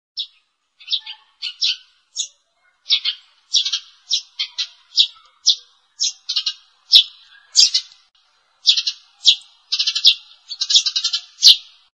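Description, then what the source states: Sparrow chirps coming quickly and unevenly, often in doubled or tripled bursts, building into denser chattering toward the end. Lure call.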